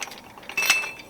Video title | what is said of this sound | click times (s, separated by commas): Mercedes-Benz W140 400SEL Part 2 - Assessing The Rear End of Things | you turn it and it just locks in place. | 0.7 s